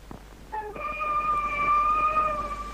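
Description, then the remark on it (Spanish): A police patrol car siren sounds alone, opening with a brief stepped tone before settling into a loud, steady, high-pitched wail that holds for a couple of seconds. “Ahí viene el patrullero.”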